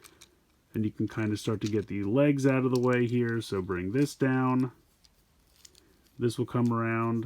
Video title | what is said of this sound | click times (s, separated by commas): Transformers Buzzworthy Bumblebee Studio Series 86 - 13 CLIFFJUMPER Review | and you'll hear that snap into place. | 0.1 s, 0.2 s